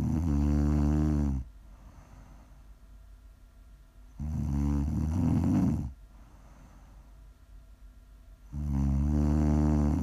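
Three loud, deep, buzzing snores come on successive inhalations, about 14 breaths a minute, with a quiet exhale between each. The rattling sound is strongest in the low pitches and fairly steady, typical of ordinary sleep snoring.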